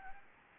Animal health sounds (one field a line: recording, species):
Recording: mosquito wingbeat signal from an infrared sensor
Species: Anopheles gambiae